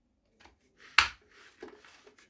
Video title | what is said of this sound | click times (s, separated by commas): Stihl MS 201 TC Wiring Harness Replacement | click right in | 1.0 s